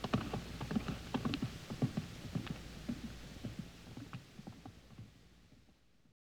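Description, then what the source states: Horse galloping, with rapid rhythmic hoofbeats that steadily grow fainter until they fade out. Galloping away.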